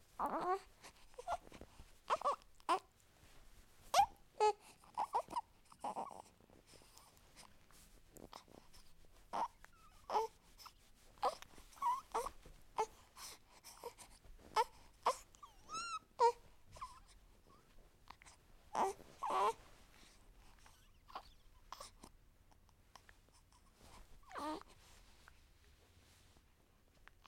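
Babies giggle and chuckle in quick bursts, with squeals and a rising high-pitched shriek near the middle between short quiet pauses.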